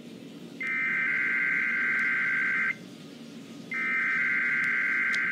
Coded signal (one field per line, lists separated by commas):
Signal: Emergency Alert System (SAME) tones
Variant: header bursts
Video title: WXK47 RWT on WJON-IP (EAS #947)